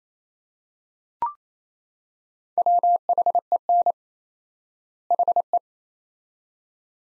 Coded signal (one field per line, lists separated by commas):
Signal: Morse code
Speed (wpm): 27 wpm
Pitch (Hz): 700 Hz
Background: none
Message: WHEN HE